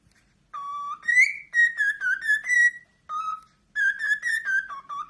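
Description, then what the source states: Cockatiel whistling a short tune of clear, harmonic-rich notes that rise and dip, paused briefly before a second phrase; no other sounds. Several cockatiels singing, whistled song.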